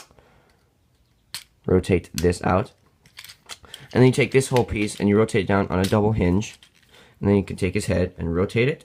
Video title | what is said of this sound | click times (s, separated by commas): Transformers Combiner Wars Devastator Review | And then just click into place, which is very nice. | 1.3 s